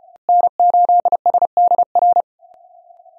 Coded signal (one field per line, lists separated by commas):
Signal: Morse code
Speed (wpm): 30 wpm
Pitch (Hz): 690 Hz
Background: none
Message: N8SDR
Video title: SunSDR2DX using SDC (Software Defined Connectors) app and 5M Contest Log + plus a little CW WAE